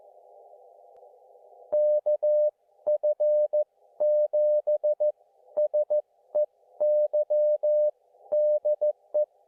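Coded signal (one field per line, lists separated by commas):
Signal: Morse code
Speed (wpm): 15 wpm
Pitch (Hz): 590 Hz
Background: none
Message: KF7SEY DE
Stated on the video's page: QRP SOTA summit activations, also POTA/WWFF, using a KX2 with linked dipole while backpacking.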